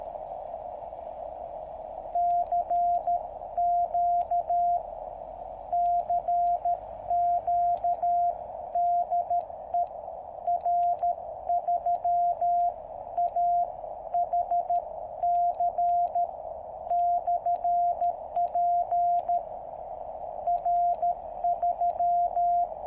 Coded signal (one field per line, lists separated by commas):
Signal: Morse code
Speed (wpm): 13 wpm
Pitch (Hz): 700 Hz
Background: radio noise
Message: CQ CQ DE R3AHC/P R3